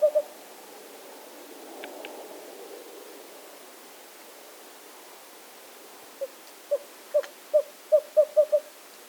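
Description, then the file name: Western screech owl hooting: two quick notes, a quiet stretch, then a series of hoots that speed up toward the close. Recorded 13 March 2008. "WESOwl 2008-3-13 short 1 by Andrew Spencer"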